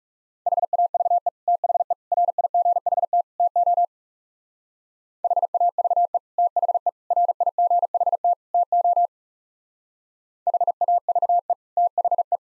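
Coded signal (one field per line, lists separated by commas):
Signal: Morse code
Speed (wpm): 39 wpm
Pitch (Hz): 700 Hz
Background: none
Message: HAVE THE RIGHT TO HAVE THE RIGHT TO HAVE THE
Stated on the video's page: Morse practice of four-word sets in speed-racing format, starting fast and slowing to a 30 wpm base, top speed 1.5 times base, final repeat at maximum speed.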